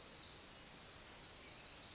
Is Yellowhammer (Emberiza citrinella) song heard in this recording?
no